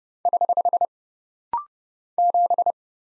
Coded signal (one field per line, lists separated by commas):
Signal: Morse code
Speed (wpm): 29 wpm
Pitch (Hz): 700 Hz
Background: none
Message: <HH> 7